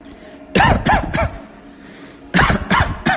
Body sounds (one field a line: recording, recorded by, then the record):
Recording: voluntary cough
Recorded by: messaging app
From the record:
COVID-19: negative